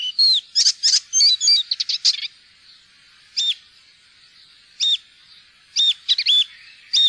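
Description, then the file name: Icterine warbler singing a rapid burst of mixed chirps and whistled slurs, then a few sharp notes at irregular intervals. "gulsanger"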